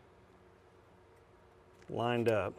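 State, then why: Not seated. A trigger bar is lined up in the polymer housing of a Kel-Tec P17 pistol frame, just before it is pushed in. Faint low background noise runs until about 1.9 s, when someone talks briefly. The bar has not yet seated or clicked into place.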